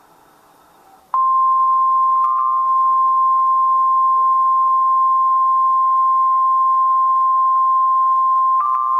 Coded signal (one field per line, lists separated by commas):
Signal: Emergency Alert System (SAME) tones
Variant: 1050 Hz attention tone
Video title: (2x HEADER) EAS #672/673: Tornado Warning/Severe Thunderstorm Warning (5/19/2013)